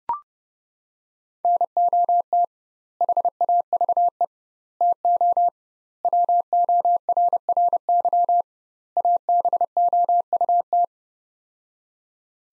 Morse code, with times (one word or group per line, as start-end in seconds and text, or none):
1.4-2.4 NOT
3.0-4.2 HAVE
4.8-5.5 TO
6.0-8.4 WORRY
9.0-10.8 ABOUT